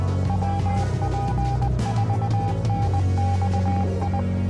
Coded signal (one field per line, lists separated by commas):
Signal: Morse code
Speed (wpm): 20 wpm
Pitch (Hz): 800 Hz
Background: music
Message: WP4NXI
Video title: Inventor del código Morse CW Samuel Morse en Arroyo Puerto Rico